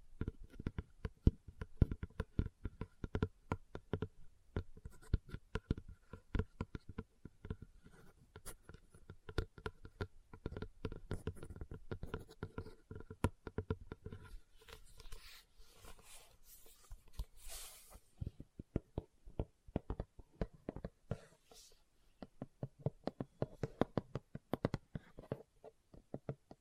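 Leather being tapped and scratched in dense, irregular bursts of sharp clicks and dull knocks that run throughout. Around the middle, longer hissing scrapes take over briefly, and a steady faint hum sits underneath. The tapping returns in quicker, sparser strikes toward the end.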